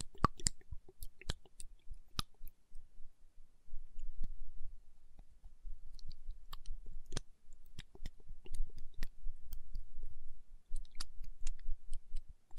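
Sharp, bright taps on a bottle come in irregular clusters throughout, over a low, steady rumble with faint crackling between hits.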